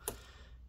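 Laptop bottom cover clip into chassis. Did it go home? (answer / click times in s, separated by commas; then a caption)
yes / 0.1 s. A hand presses around the middle of the bottom cover of a Dell Inspiron 16 Plus 7620 laptop after the screws are driven, pushing the remaining plastic clips into the chassis. One sharp, bright click sounds at 0.1 s, followed by quiet low background noise. The middle cover clip is seated.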